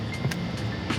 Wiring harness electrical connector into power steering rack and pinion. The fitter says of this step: Make sure it clicks into place.